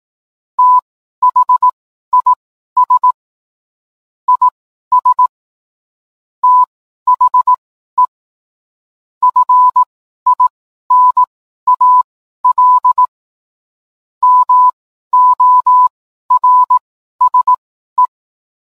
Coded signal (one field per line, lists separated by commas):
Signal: Morse code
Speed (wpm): 18 wpm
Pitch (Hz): 1000 Hz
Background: none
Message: THIS IS THE FINAL MORSE